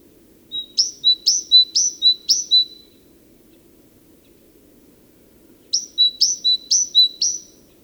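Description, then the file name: Great tit delivering two strophes of about four rapid high-low whistled note pairs, separated by a silent pause of nearly three seconds. "Parus major"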